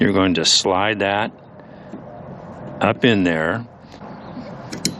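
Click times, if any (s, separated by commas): 4.9 s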